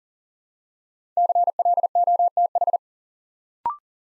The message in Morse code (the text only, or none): CLOTH